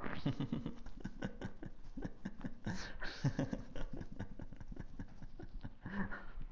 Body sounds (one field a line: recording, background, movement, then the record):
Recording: laughter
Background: quiet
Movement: sitting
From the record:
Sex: male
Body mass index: 22.0 kg/m2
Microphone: on the chest, facing the body